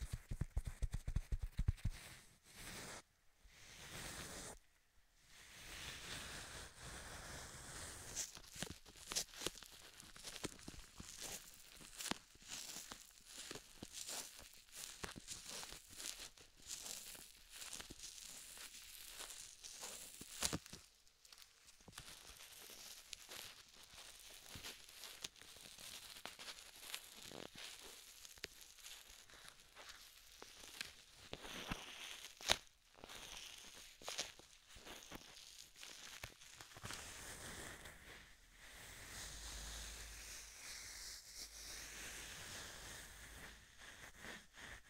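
Gloved hands cup and tap at the ears in a dense, crinkly stream of rustling and soft taps. Brief silent gaps break it up near the start, around 21 seconds, and near 33 seconds. The last few seconds turn to a smoother, brighter brushing.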